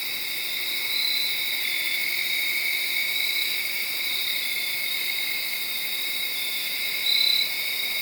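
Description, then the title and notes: Crickets in a dense, unbroken high-pitched chorus, layered trills holding steady, with one brief louder burst near the end. Crickets late Saturday night into Sunday morning, around midnight, under a tree in Sharon, Pennsylvania. "Crickets (field recording). late on Saturday night/Sunday morning. The location was in Sharon, Pennsylvania, under a tree"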